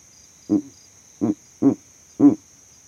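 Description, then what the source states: Verreaux's eagle owl giving deep grunting hoots, four short low pulses in an uneven series, over a steady high insect hum. Male advertising his territory from a tree in savanna; captured by an overnight sound recording rig set up in that same tree.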